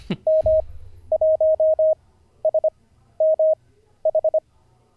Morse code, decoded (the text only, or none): M1SMH